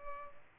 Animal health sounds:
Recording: mosquito wingbeat signal from an infrared sensor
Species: Culex pipiens

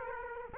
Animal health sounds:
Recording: mosquito wingbeat signal from an infrared sensor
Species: Aedes aegypti

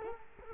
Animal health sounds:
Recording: mosquito wingbeat signal from an infrared sensor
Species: Culex quinquefasciatus

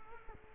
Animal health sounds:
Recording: mosquito wingbeat signal from an infrared sensor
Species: Culex quinquefasciatus

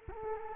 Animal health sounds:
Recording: mosquito wingbeat signal from an infrared sensor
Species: Culex quinquefasciatus

